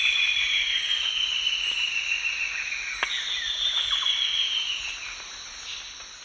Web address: Natures Songs S America Eastern Lowlands. Myrmoborus lugubris, duet